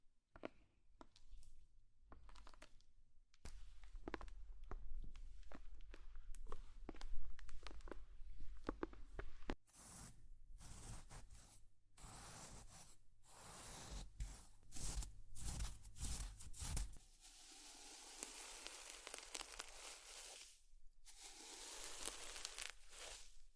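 Slime being squished and pulled, with dense bursts of wet clicks, crackles and sticky pops that come in quick, irregular runs. A low rumble sits under the first seventeen seconds, then fades, leaving a brighter hiss broken by short pauses near the end.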